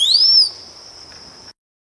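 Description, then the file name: Rose-collared piha: a brief loud rising, arched whistle right at the start, followed by a lingering high steady tone before silence. "Canto do cricrio de cinta vermelha"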